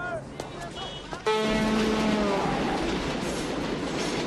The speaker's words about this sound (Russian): Девушка и слепой мужчина, Уолли, едут в метро.